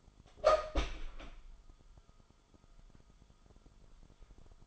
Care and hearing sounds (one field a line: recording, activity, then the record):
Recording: daily activity, microphone in the room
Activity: open door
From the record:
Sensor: 5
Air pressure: 1005.1 hPa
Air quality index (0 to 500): 86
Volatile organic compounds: 2 ppm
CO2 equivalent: 1031 ppm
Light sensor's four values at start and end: 35/82/33/32 and 35/82/33/32